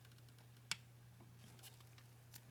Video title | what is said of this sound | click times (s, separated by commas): How to Replace a Timing Belt and Water Pump On a VW Beetle 1.9L Part 2 | so i hope you heard the click | 0.7 s